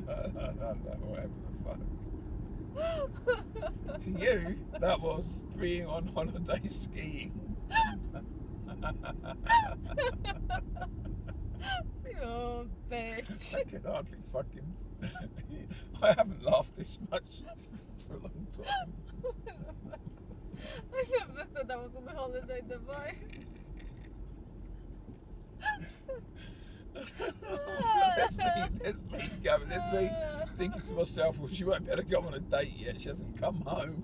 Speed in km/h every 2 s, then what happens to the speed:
52, 52, 48, 45, 35, 34, 31, 29, 32, 40, 39, 31, 29, 31, 39, 44, 45.
0-13 slows to 29. 15-18 speeds up to 40. 18-22 slows to 31. 25-34 speeds up to 45.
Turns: 21-27.